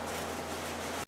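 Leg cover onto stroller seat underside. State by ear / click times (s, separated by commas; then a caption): not seated / none. A stroller's leg cover is being handled beneath the seat as it is brought toward the fixing it clips onto underneath, but nothing has seated or clicked yet. The clip is a steady, broadband noise with a low hum and no distinct impacts. It drops briefly near 1.05 s before the noise returns.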